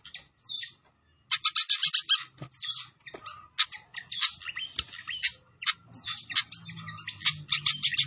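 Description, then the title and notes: Pied fantail song in loud bursts of fast metallic chirps and buzzy trills, broken by brief silences, with a faint low rumble beneath. Clear song on a masteran (training) recording for songbirds. "Masteran Sikatan Kipas Suara Jernih Dan Suara Gemericik Air. Suara Burung Sikatan Londo"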